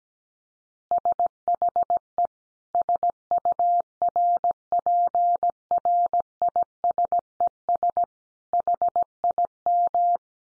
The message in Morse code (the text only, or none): SHE SURPRISES HIM